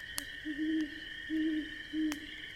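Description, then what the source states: Owl hooting, three low soft hoots under a second apart, over a steady high hum and sharp crackles of a fire. Distant, solitary owl hooting on a crisp autumn evening beside a crackling campfire in the Midwest.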